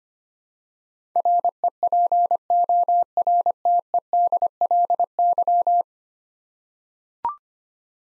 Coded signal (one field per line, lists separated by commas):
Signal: Morse code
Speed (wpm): 25 wpm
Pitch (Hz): 700 Hz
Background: none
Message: REPORTEDLY